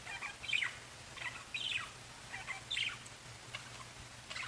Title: Budgie Sounds